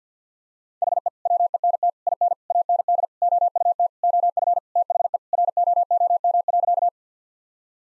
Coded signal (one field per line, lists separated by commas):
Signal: Morse code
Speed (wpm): 50 wpm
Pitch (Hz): 700 Hz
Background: none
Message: HE WENT IN AND OUT OF THE ROOM.